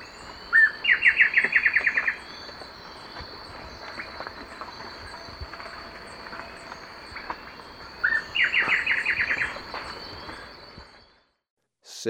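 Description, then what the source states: Blackish Antbird gives two songs, each a short low note then a fast, even series of clipped chirps, separated by a long pause. Ecuador.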